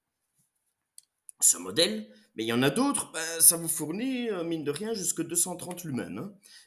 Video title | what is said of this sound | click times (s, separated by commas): N°147 Une nouvelle façon de s'éclairer | très compact peu cher qui tout simplement se clipse sur le sommet de la batterie | 1.0 s, 1.3 s